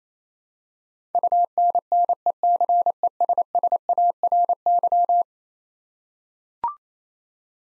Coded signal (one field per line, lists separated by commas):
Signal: Morse code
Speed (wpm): 27 wpm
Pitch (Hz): 700 Hz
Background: none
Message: UNNECESSARY